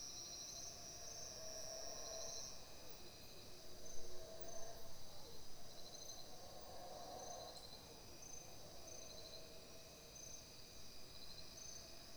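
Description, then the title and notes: Insects chorusing throughout, a continuous high shrill tone with pulsed trilling beneath and brief lower sounds in the middle. Insect chorus in jungle just outside San Ignacio, Belize, recorded about 5 am. "recorded in the Belize jungle right outside of San Ignacio, and includes a chorus of bugs, howler monkeys and various birds. It was recorded about 5 am."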